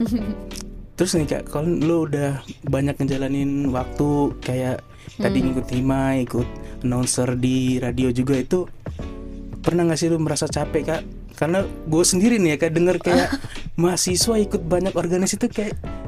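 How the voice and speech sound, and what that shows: One adult speaks casual Indonesian in a small room, asking a question at an easy conversational pace with a brief laugh and short pauses. The voice is clear and mid-pitched, with normal rhythm and articulation: ordinary fluent speech.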